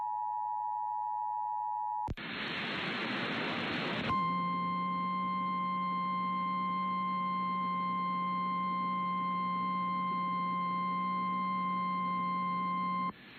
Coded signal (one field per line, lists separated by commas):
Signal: Emergency Alert System (SAME) tones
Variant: 853 and 960 Hz attention tone